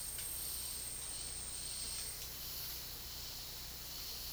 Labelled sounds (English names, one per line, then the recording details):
none
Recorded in dense forest near Puerto Asís, Putumayo, Colombia, on 19 March 2025 at 12:00
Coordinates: 0.503, -76.323
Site GP09